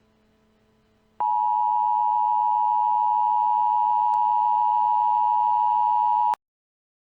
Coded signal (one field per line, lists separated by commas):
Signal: Emergency Alert System (SAME) tones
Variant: 853 and 960 Hz attention tone